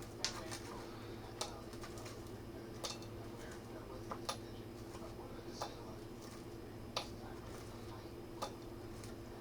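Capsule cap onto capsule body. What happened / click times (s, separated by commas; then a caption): The capsule halves snapped shut / 0.2 s, 1.4 s, 2.9 s, 4.3 s, 7.0 s. Two-piece capsules filled with freeze-dried beet juice powder are pushed closed one after another, each cap pressed onto its body. Sharp, brief clicks sound at 0.2, 1.4, 2.9, 4.3 and 7.0 seconds over a steady low hum, as each capsule snaps together and locks. All the capsules end up seated.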